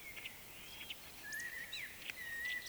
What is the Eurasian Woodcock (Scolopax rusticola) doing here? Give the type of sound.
whistle